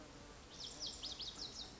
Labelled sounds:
Lazuli Bunting

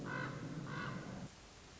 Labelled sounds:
Common Raven

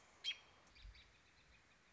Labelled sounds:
American Robin

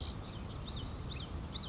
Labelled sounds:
Common Yellowthroat

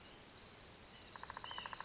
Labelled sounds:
White-breasted Nuthatch

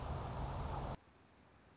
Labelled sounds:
Anna's Hummingbird

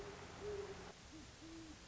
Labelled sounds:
Great Horned Owl

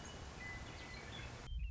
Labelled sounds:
Western Meadowlark

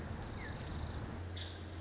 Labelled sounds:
Nuttall's Woodpecker

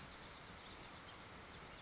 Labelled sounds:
Blue-gray Gnatcatcher

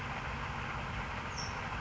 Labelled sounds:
California Towhee

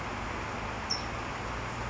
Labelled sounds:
California Towhee

